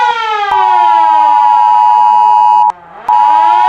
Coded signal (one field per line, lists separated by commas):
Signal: Emergency Alert System (SAME) tones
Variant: 853 and 960 Hz attention tone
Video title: Every EAS Alarm From Around The World (3)